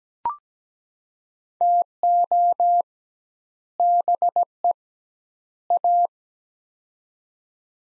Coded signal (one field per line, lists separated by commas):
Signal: Morse code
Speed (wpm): 17 wpm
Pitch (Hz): 700 Hz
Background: none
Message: TO BE A